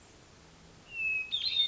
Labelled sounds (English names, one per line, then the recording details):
Hermit Thrush
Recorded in Sonoma County, California